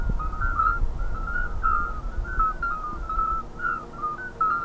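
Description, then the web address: Common midwife toads piping together, clear short bell-like notes repeating from several animals, over a noticeable low rumble. A chorus of several toads calling together. "jurapark. Geburtshelferkröte Chor"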